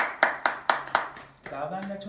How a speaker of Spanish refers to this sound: Hoy quiero que le den un fuerte aplauso al gran jugador, al Chiva hermano. Él es Alan Pulido.